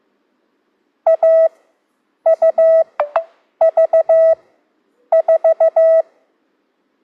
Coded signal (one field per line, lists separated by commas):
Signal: Morse code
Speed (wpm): 15 wpm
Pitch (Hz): 650 Hz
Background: none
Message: A U V 4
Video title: CW Classes for ASOC with TARRL Session - 2 (Introduction to AUV4)